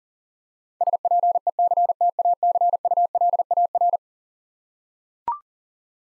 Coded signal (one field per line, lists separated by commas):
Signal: Morse code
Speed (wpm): 40 wpm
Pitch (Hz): 700 Hz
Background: none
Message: SPECTACULAR